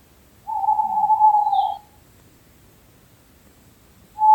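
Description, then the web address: Owl hoot: a long, even whistled note of over a second, followed after a pause by the start of the next note. Recorded in May 2023. "2023 05 luz sova"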